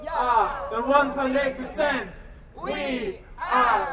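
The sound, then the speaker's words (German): About two dozen protesters dressed as bankers and lobbyists cheer at a satirical cheering demonstration while being urged on through a megaphone, with loud shouted bursts from several voices rising and falling together in a chant-like rhythm and brief pauses between the calls. “… von der Nichtregierungsorganisation Campact feuert durch ein Megafon bei dieser satirischen Jubeldemo seine Mitstreiter an.”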